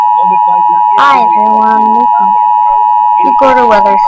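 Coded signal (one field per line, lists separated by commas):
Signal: Emergency Alert System (SAME) tones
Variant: 853 and 960 Hz attention tone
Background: speech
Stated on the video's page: EAS tones made by a software generator, not broadcast on TV.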